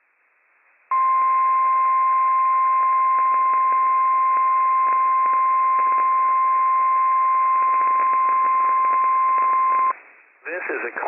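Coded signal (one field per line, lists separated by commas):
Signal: Emergency Alert System (SAME) tones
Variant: 1050 Hz attention tone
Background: speech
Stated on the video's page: Required Monthly Test for an earthquake drill, from the National Weather Service in Pendleton, Oregon, on NOAA weather radio station WWF56; real operational EAS tones.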